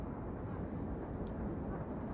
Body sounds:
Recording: background sound without coughing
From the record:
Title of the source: Train Ride Ambience ambient white noise for sleeping, focus, studying, reading

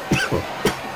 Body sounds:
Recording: coughing mixed with background sound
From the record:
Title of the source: Dry Afternoon Cough

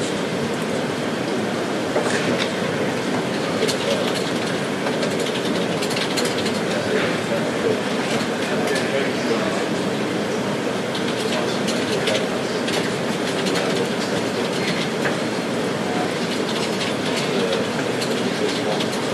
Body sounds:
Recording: background sound without coughing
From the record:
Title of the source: Office Sounds Ambience - Background Noise for Study and Work

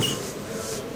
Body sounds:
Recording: coughing mixed with background sound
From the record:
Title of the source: Spring Cold Coughing.

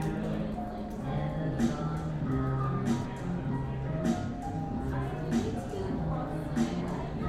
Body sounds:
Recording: background sound without coughing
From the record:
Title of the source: 60 minutes of coffee shop sounds for study and concentration

